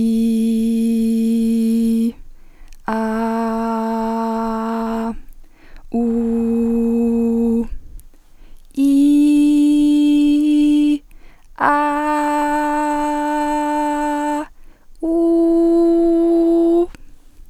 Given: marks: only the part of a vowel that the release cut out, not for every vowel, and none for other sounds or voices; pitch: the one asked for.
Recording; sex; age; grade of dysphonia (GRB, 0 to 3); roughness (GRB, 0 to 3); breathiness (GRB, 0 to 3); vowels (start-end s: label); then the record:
sustained vowels; female; 20 to 29 years; 1; 0; 1
0.00-1.85 s: vowel /i/, normal pitch
2.98-4.82 s: vowel /a/, normal pitch
6.01-7.55 s: vowel /u/, normal pitch
8.90-10.34 s: vowel /i/, high pitch
11.85-14.08 s: vowel /a/, high pitch
15.24-16.69 s: vowel /u/, high pitch
From the record:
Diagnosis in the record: recurrent laryngeal nerve paralysis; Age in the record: 27 years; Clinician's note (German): Keine Symptomatik mehr, unauffälliges stroboskopisches Bild